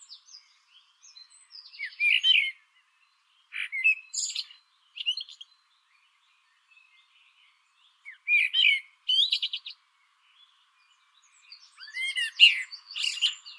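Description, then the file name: Common blackbird singing several short warbled phrases with high squeaky twitters, separated by pauses of about one to three seconds. "Turdus merula"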